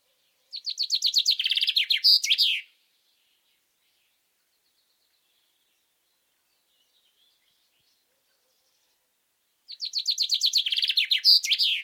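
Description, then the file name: Common chaffinch song heard twice about nine seconds apart: each time a cascading run of chirpy notes accelerating to a trill and a sharp closing flourish, with quiet between. "Fringilla coelebs"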